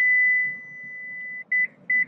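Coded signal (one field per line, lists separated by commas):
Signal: alarm pattern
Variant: Lexus power seat alarm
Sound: one long 2 kHz tone then two short beeps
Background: low room hum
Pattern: 1 long, 2 short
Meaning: Button released before the seat action was complete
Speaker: until the action is complete if you let go at any point you're going to hear an alarm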